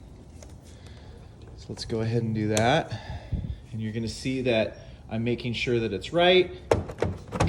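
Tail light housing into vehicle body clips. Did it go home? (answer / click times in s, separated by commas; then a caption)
yes / 7.0 s, 7.4 s. The brake/tail light housing on a 2015–2025 KIA Sedona Carnival is slid back into the body opening while someone talks. Its white guide piece and bottom clip snap in with two short thunks at 7.0 s and 7.4 s, seating the housing so it is ready to go.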